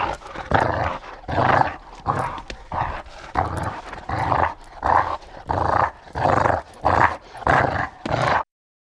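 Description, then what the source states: Rapid, rhythmic dog growling with roughly a dozen short, throaty pulses in steady succession before stopping abruptly. Growly "talking" vocalisation of a dog.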